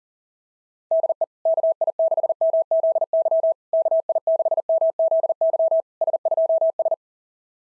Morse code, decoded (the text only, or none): DE KI6MZY KI6MZY S2S